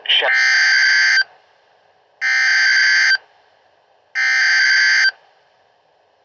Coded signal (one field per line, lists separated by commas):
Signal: Emergency Alert System (SAME) tones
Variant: header bursts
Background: speech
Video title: TORRENTIAL DARKNESS - EAS Alerts from 5/22/24 #49-51